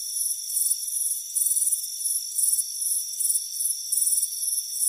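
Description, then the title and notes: Crickets chirp in bright, high trills, bursts of uneven length coming a few times a second, layered over a constant shrill tone. Crickets chirping on a warm afternoon by a front porch. "Soothing Crickets Chirping Sound. It's a warm afternoon as you relax in a hammock on the front porch. Relax and fall asleep to the soothing sound of chirping crickets. Deep Sleep Sounds"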